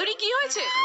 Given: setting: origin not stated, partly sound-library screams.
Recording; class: one-second piece from a danger detection set; woman in danger